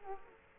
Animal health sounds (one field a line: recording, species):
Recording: mosquito wingbeat signal from an infrared sensor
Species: Culex quinquefasciatus